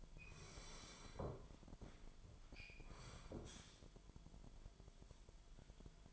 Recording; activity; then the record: daily activity, microphone in the room; sit down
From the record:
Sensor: 5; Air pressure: 998.7 hPa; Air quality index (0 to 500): 93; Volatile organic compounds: 2 ppm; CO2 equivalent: 1067 ppm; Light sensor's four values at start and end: 31/75/31/35 and 31/75/31/35